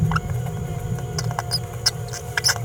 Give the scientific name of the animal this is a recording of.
Forpus passerinus